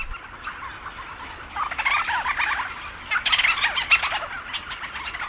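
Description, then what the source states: Leach's storm petrel calls: a dense chattering chorus of rapid notes from many birds, swelling from about midway. Thousands circling overhead at night among seabirds, swooping and calling; recorded by Lang Elliott for his CD Petrel Night.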